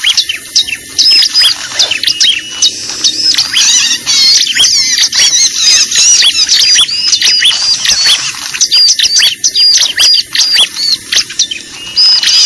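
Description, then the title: Lovebird calls: a dense run of shrill squeaks and twittering chirps. Lure recording used for attracting lovebirds (pikat). "PIKAT BURUNG LOVEBIRD"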